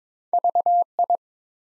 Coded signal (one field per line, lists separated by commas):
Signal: Morse code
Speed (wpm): 22 wpm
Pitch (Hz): 700 Hz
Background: none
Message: VI